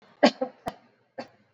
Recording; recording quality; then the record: shallow voluntary cough; excellent, no background noise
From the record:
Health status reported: exposed to COVID-19, no respiratory illness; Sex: female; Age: 32 years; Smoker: no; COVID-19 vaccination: both doses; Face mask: worn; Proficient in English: yes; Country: India